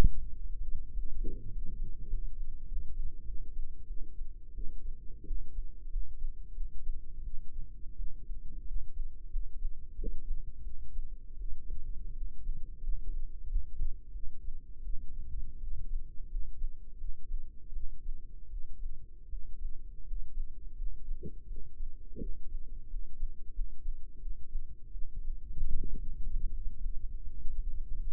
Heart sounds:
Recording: heart sounds by microphone in the right ear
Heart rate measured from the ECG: 87 bpm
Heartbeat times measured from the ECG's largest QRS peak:
0.26 s: heartbeat
0.88 s: heartbeat
1.47 s: heartbeat
2.05 s: heartbeat
2.64 s: heartbeat
3.23 s: heartbeat
3.85 s: heartbeat
4.52 s: heartbeat
5.23 s: heartbeat
5.88 s: heartbeat
6.52 s: heartbeat
7.22 s: heartbeat
7.94 s: heartbeat
8.63 s: heartbeat
9.28 s: heartbeat
9.94 s: heartbeat
10.61 s: heartbeat
11.36 s: heartbeat
12.12 s: heartbeat
12.80 s: heartbeat
13.44 s: heartbeat
14.10 s: heartbeat
14.81 s: heartbeat
15.58 s: heartbeat
16.27 s: heartbeat
16.96 s: heartbeat
17.71 s: heartbeat
18.48 s: heartbeat
19.28 s: heartbeat
20.03 s: heartbeat
20.74 s: heartbeat
21.45 s: heartbeat
22.17 s: heartbeat
22.86 s: heartbeat
23.51 s: heartbeat
24.18 s: heartbeat
24.90 s: heartbeat
25.71 s: heartbeat
26.48 s: heartbeat
27.21 s: heartbeat
27.95 s: heartbeat
From the record:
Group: healthy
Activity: cold pressor test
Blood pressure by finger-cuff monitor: 126/87 mmHg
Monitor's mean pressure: 101 mmHg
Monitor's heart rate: 86 bpm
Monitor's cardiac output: 6.5 L/min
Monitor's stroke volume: 76 mL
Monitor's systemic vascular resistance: 1130 dyn s/cm5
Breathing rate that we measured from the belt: 8 breaths a minute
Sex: male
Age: 21 years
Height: 180 cm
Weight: 67.5 kg

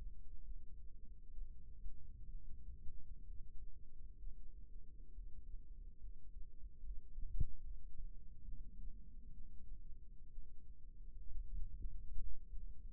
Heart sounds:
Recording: heart sounds by microphone in the right ear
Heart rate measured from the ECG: 66 bpm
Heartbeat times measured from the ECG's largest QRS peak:
0.43 s: heartbeat
1.32 s: heartbeat
2.29 s: heartbeat
3.23 s: heartbeat
4.17 s: heartbeat
5.11 s: heartbeat
5.99 s: heartbeat
6.81 s: heartbeat
7.61 s: heartbeat
8.43 s: heartbeat
9.32 s: heartbeat
10.29 s: heartbeat
11.27 s: heartbeat
12.20 s: heartbeat
From the record:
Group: healthy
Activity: cold pressor test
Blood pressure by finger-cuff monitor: 140/67 mmHg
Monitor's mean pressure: 90 mmHg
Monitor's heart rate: 68 bpm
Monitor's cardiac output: 6.7 L/min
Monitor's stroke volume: 101 mL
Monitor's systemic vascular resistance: 980 dyn s/cm5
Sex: female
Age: 37 years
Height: 168 cm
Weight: 70 kg

